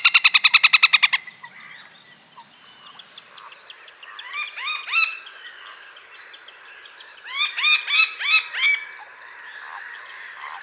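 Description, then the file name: Little grebe calls: two fast trilling runs of short squeaky notes, each note falling in pitch. "perkozek"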